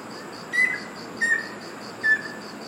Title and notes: 赤翡翠 - Ruddy Kingfisher. Recorded in Iriomote Island Okinawa Japan